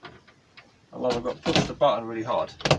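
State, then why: Not seated. A push-button catch on a motorhome cupboard door is handled, with faint, brief knocks near the start before someone talks. The button is being pressed hard, but nothing has seated or clicked yet.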